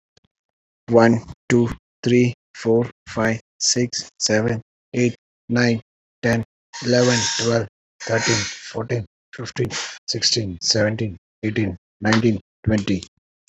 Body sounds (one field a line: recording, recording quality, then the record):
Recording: counting at a normal pace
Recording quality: excellent, no background noise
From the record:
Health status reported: exposed to COVID-19, no respiratory illness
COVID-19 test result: negative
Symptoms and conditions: none ticked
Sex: male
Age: 32 years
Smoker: not ticked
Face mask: worn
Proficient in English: yes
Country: India